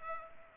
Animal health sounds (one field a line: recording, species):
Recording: mosquito wingbeat signal from an infrared sensor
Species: Culex pipiens